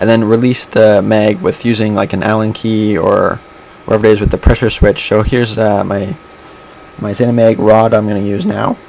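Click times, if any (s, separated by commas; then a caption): none. Someone talks while handling a Tippmann 12-ball plastic paintball magazine, getting ready to push its spring-loaded receiver all the way down with a rod so it locks into the notch of the magazine shell. Speech fills most of the clip, with short pauses where a faint steady hum remains. Nothing has seated or clicked yet.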